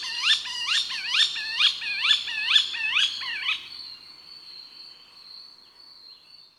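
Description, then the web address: Levant sparrowhawk giving a rapid series of about eight shrill, squeaky notes, roughly two per second, then stopping while a thin steady high hum carries on. "Levant sparrowhawk. پرنده-پیغوی-بزرگ"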